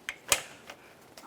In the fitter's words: yeah heard a nice click there give it a little wiggle you want to make sure that's secure